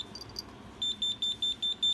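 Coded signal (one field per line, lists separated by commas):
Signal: alarm pattern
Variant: home-made emergency receiver buzzer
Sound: quiet room, then rapid high-pitched buzzer beeps, about five per second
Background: quiet room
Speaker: So we get this one alert.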